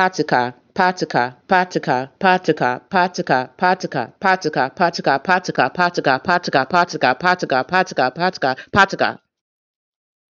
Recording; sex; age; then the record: repeated syllables /pa ta ka/; female; 30 to 39 years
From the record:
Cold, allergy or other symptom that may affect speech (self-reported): no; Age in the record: 35 years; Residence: United States